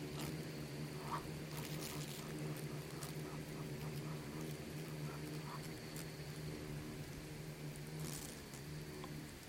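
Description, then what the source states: Swarming insects hum in a steady low droning buzz with layered tones, scattered with soft ticks and a few brief clicking bursts. Bugs and beetles swarming in the Namib desert, which seems quiet at first listen but is full of micro-sounds.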